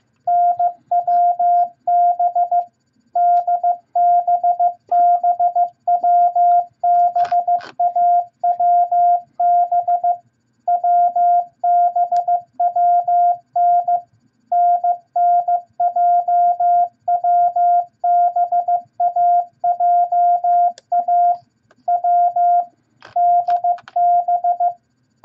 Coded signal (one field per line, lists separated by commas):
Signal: Morse code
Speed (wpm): 15 wpm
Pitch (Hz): 700 Hz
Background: radio noise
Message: NWB DBBWBAWB WBWN NNJWBAJA W DB